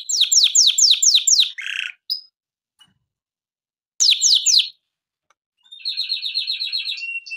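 Canary singing quick rolls of repeated sweeping notes, a silent gap, another short burst, then a buzzy pulsed trill with a thin whistle.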